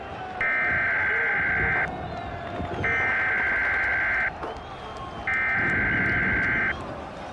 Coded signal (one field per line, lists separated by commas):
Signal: Emergency Alert System (SAME) tones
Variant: header bursts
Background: speech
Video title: EAS Scenario: The World of Flashpoint - The July Insurrection